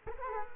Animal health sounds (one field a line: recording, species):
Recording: mosquito wingbeat signal from an infrared sensor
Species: Culex quinquefasciatus